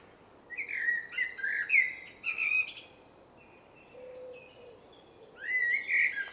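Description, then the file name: Eurasian blackbird song of several rich, slurred whistled notes and thin high squeaks, a pause, then a fresh fluted phrase begins. "Turdus merula"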